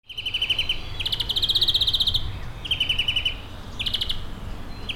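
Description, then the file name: European greenfinch giving rapid rattling trills, several bursts separated by short gaps, over a steady low rumble. "Chloris chloris"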